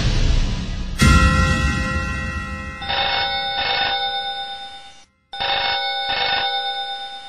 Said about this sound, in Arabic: ماهر ماهر التلفون بيرن يا ماهر